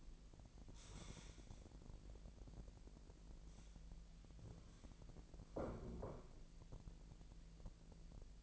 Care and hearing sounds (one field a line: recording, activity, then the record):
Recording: daily activity, microphone in the room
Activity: stand up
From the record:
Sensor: 5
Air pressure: 1001.7 hPa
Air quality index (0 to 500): 248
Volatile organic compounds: 30 ppm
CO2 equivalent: 2969 ppm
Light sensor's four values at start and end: 46/108/44/46 and 46/107/44/45